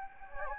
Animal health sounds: mosquito wingbeat signal from an infrared sensor; Anopheles gambiae

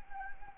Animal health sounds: mosquito wingbeat signal from an infrared sensor; Anopheles arabiensis

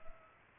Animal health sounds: mosquito wingbeat signal from an infrared sensor; Culex pipiens

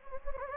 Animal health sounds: mosquito wingbeat signal from an infrared sensor; Anopheles gambiae

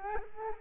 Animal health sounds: mosquito wingbeat signal from an infrared sensor; Culex quinquefasciatus

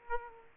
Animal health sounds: mosquito wingbeat signal from an infrared sensor; Aedes aegypti

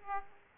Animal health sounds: mosquito wingbeat signal from an infrared sensor; Aedes aegypti

